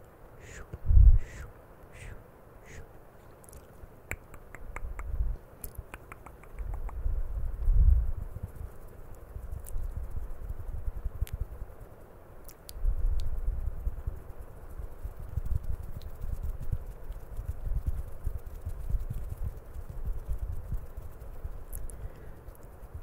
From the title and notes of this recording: CAMERA TOUCHING E MOUTH SOUNDS.